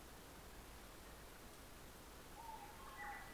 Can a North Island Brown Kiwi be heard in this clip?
no